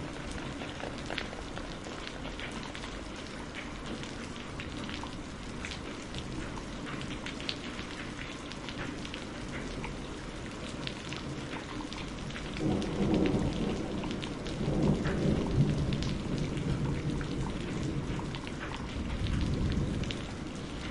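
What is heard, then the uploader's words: A spring rainstorm falls in a steady, dense patter of drops spread across the full range, with brighter individual hits flickering throughout. Low rumbling swells rise around 13, 15 and 19 seconds, like thunder rolling beneath the constant rain. Spring Rain Storm for Deep, Calming Sleep.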